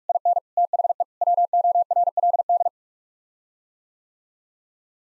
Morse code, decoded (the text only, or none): IN THE WORLD